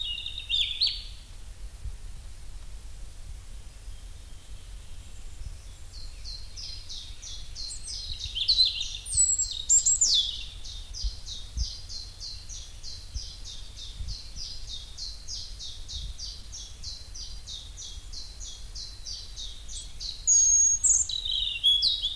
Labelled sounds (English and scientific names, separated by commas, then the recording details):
European Robin (Erithacus rubecula)
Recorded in the wild
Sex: male
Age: adult
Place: Grasehorst, Berlin, DE
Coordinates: 54.13, 10.16
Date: 1989-04-30 10:30
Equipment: Uher 4400 Report Monitor, Sennheiser ME 80, K 30 AV
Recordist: Fischer, Stefan